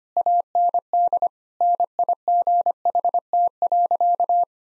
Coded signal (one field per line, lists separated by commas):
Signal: Morse code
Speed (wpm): 25 wpm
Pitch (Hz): 700 Hz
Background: none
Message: AND NIGHT.